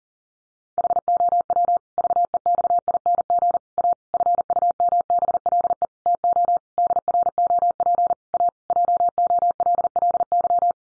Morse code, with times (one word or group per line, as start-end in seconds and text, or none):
0.8-1.8 HOW
2.0-3.6 VEXING
3.8-3.9 A
4.1-5.9 FUMBLE
6.1-6.6 TO
6.8-8.1 DROP
8.3-8.5 A
8.7-10.7 JOLLY